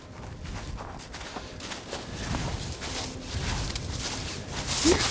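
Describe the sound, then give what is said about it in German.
Small, careful footsteps shuffle along slippery ground, a steady run of soft scuffing steps at moderate loudness with no voices, ending in a slightly sharper scrape. “Schöne kleine Schritte.”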